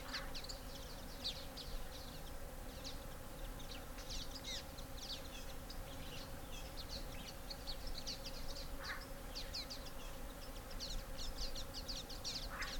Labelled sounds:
Common Waxbill (Estrilda astrild) call
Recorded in the wild
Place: S. Jorge dos Orgaos, Kapverdische Inseln, CV
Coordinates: 15.06, -23.62
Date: 1995-01-21
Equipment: Sony WM-D6C, Sennheiser ME 66, Kopie Revox C 270
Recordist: Fischer, Stefan

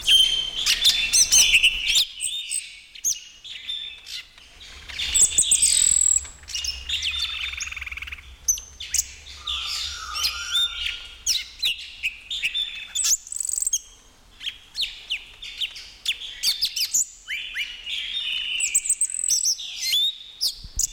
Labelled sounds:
Red-billed Leiothrix (Leiothrix lutea)
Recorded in captivity
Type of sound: song, twittering
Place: Zoo Berlin, Berlin, DE
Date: 1996-02-10 15:50
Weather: heiter bis wolkig, -11°C
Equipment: Sony MD-WM MZ-R3, Sennheiser ME 80, Kopie Uher 4000 Report Monitor
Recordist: Tembrock, Günter
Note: Gesang

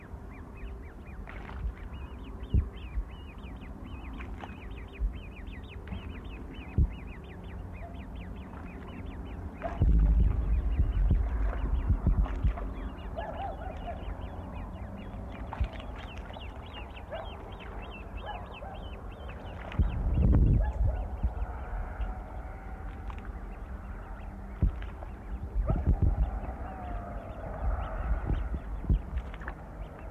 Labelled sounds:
Great Crested Grebe (Podiceps cristatus) call
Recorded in the wild
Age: juvenile
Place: Holscha, Oberlausitz, Sachsen, DE
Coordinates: 51.2653, 14.3444
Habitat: pond
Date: 1989-08-05 19:57
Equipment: Riporter 6 RG-K, Sennheiser MKH 416 T, Kopie Uher Report Stereo IC
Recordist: Frommolt, Karl-Heinz

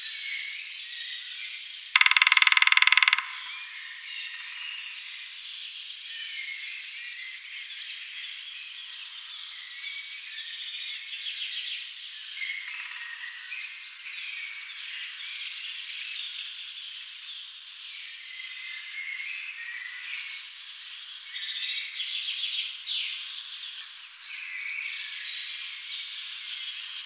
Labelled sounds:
Grey-headed Woodpecker (Picus canus) song
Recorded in the wild
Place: Waltershofen / Freiburg im Breisgau, Baden-Württemberg, DE
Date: 1996-04-07
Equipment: Dat-Recorder Casio DA 7, Telinga DAT, Telinga-Parabolspiegel
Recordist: Schwarz, Dieter

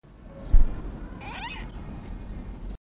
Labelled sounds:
Chital (Axis axis) call
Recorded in captivity
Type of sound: call
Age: adult
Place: Zoo Berlin, Berlin, DE
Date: 1959-06-12 17:30
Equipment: Reporter (Vollspur)
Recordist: Tembrock, Günter
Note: 1 Ruf

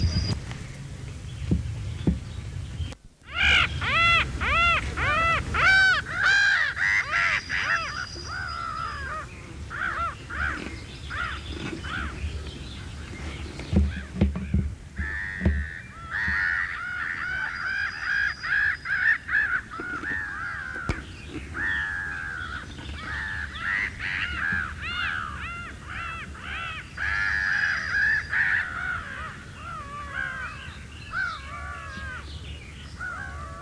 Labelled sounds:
Black-headed Gull (Chroicocephalus ridibundus) call
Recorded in the wild
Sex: group
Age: adult
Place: Wreechen, Insel Rügen, Mecklenburg-Vorpommern, DE
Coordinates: 54.3297, 13.4656
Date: 1979-06-26 19:03
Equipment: ITT Schaub-Lorenz Studio Recorder 72, Verstärker, MD 421 HL, Reflektor, Kopie Uher 4200 Report
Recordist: Tembrock, Günter

